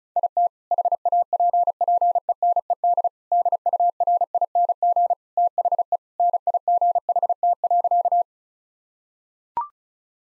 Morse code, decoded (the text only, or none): IT HAPPENED DURING THE NIGHT.